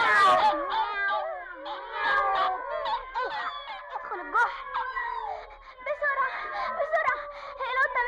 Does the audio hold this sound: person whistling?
no